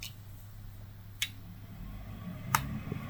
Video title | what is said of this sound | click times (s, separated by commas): Graf Von Faber Castell Tamitio Fountain Pen, Notepad & Ink! | makes that same satisfying click sound when you're posting it as it does when you use the cap to cap the pen. | 1.2 s, 2.5 s